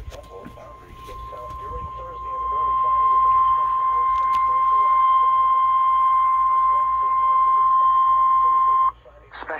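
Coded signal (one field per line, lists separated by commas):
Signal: Emergency Alert System (SAME) tones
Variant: 1050 Hz attention tone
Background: speech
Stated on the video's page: Weekly test and Special Marine Warning received on a Midland WR400 weather radio, with the marine warning from a second weather radio station streamed on a computer.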